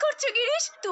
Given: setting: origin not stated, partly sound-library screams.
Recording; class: one-second piece from a danger detection set; woman in danger